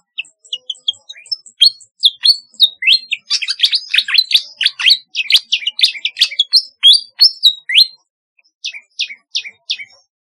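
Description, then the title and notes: Flycatcher singing a long, lively run of high chirps and slurred whistles that speeds into a dense jumble, then slows to a few spaced notes. "Kicau Burung Sikatan"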